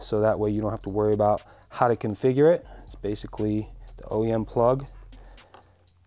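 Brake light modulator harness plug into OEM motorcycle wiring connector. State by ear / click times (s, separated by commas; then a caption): seated / 5.5 s. Someone talks while a vehicle-specific plug-and-play brake light modulator harness is pushed into the OEM plastic plug of a 2013–2018 Kawasaki Ninja ZX6R motorcycle's wiring. After the talking, faint short clicks are heard, and the connector latches and seats with a click at 5.5 s.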